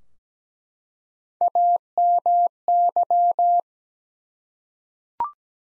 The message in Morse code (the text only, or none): AMY